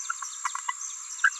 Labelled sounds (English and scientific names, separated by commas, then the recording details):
Green-rumped Parrotlet (Forpus passerinus) babbling
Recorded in a nest box in Venezuela
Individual 18B17A5